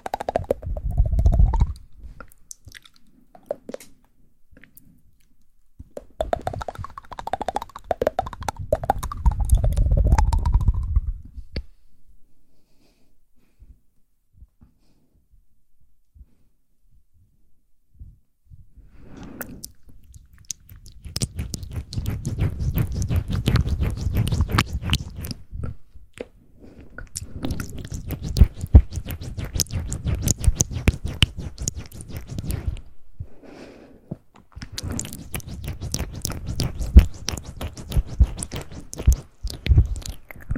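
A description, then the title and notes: Intense, layered mouth sounds come in dense bursts of wet clicks, smacks and chewing-like crackles, with a deep rumble underneath. Active stretches run at the start, from about 6 to 11 seconds, and almost continuously after 19 seconds, separated by near-silent pauses. ASMR intense layered mouth sounds.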